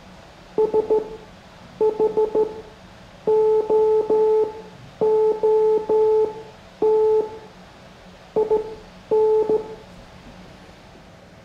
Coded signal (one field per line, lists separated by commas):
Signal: Morse code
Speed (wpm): 14 wpm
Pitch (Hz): 430 Hz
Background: none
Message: SHOOT IN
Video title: Morse Code Class 05